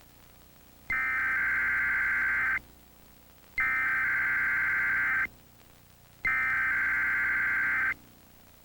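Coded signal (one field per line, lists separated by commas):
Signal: Emergency Alert System (SAME) tones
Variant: header bursts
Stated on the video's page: EAS weekly test from a public television station in Wilmington, North Carolina.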